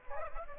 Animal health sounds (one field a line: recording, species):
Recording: mosquito wingbeat signal from an infrared sensor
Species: Aedes aegypti